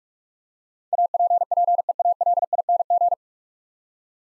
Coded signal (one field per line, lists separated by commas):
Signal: Morse code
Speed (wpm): 44 wpm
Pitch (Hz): 700 Hz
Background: none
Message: APPEALING